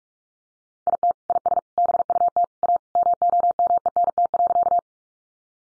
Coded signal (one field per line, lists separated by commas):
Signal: Morse code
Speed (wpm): 44 wpm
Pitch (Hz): 700 Hz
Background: none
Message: IT IS BUT A MOMENT.